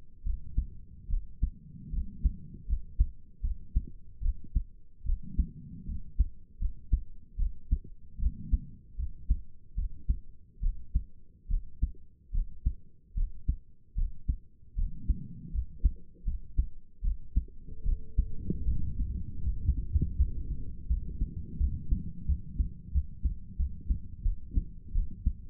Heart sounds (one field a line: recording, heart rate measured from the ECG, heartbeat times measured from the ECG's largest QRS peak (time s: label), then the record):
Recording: heart sounds by stethoscope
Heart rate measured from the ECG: 78 bpm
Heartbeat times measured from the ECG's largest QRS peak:
0.25 s: heartbeat
1.09 s: heartbeat
1.92 s: heartbeat
2.68 s: heartbeat
3.42 s: heartbeat
4.22 s: heartbeat
5.05 s: heartbeat
5.87 s: heartbeat
6.60 s: heartbeat
7.38 s: heartbeat
8.19 s: heartbeat
8.98 s: heartbeat
9.76 s: heartbeat
10.62 s: heartbeat
11.49 s: heartbeat
12.33 s: heartbeat
13.16 s: heartbeat
13.96 s: heartbeat
14.76 s: heartbeat
15.53 s: heartbeat
16.25 s: heartbeat
17.03 s: heartbeat
17.85 s: heartbeat
18.66 s: heartbeat
19.44 s: heartbeat
20.17 s: heartbeat
20.88 s: heartbeat
21.59 s: heartbeat
22.27 s: heartbeat
22.93 s: heartbeat
23.57 s: heartbeat
24.24 s: heartbeat
24.94 s: heartbeat
From the record:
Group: healthy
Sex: female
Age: 22 years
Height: 163 cm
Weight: 67.1 kg